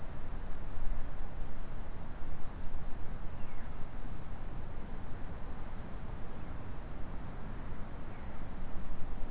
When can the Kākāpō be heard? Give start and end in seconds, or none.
none